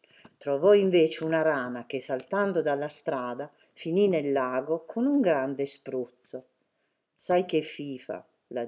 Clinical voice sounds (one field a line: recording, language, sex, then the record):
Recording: read passage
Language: Italian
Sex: female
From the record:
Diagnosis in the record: healthy control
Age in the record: 69 years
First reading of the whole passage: 64 s, 7.9 characters per second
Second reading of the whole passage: 54 s, 9.5 characters per second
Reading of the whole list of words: 33 s, 8.4 characters per second